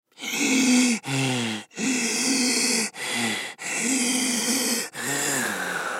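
Rapid alternating breaths, each carrying a musical whistling tone: an acted long wheeze by a man of about fifty.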